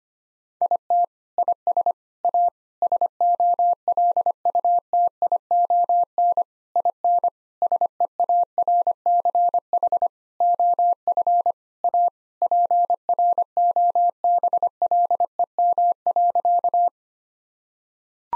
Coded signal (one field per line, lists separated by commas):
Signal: Morse code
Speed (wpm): 25 wpm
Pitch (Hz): 700 Hz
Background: none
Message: IT IS A SOLUTION IN SEARCH OF A PROBLEM.